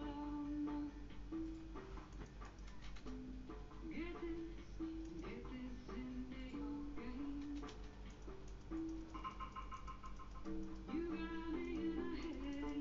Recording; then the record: background sound without coughing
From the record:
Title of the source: BackgroundMusic3